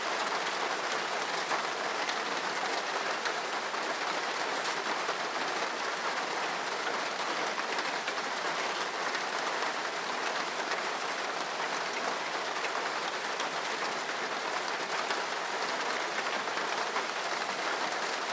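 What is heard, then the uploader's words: Rain falls steadily on a rooftop, a dense, even hiss of countless drops with no pauses or swells across the whole stretch. The sound sits mostly in the bright upper range with little low rumble, close and constant, with faint individual taps flickering through. Rooftop Study Room with Rain Sounds.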